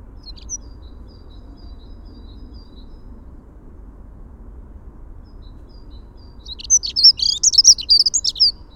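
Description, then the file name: Dunnock song: after a quiet start with a few thin high notes, a fast, squeaky, jumbled warble bursts out near the end and lasts about two seconds, over low background rumble. "Prunella modularis - Dunnock"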